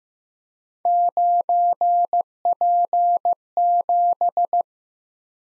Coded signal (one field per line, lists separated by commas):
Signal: Morse code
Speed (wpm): 15 wpm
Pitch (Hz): 700 Hz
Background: none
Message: 9P7